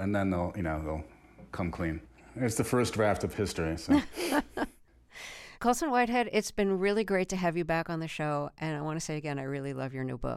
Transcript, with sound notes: And then they'll - you know, they'll come clean. It's the first draft of history..
(Laughter) Colson Whitehead, it's been really great to have you back on the show. And I want to say again, I really love your new book.